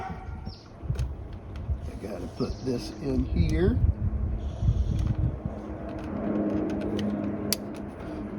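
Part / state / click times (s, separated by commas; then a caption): red airbag connector locking clip into steering wheel airbag connector / seated / 7.5 s. On a Gen6 Camaro, the small red plastic locking clip on the steering wheel airbag connector is pushed back in while the airbag is being reinstalled. Someone talks, and then a sharp click at 7.5 s marks the clip snapping into place, seated.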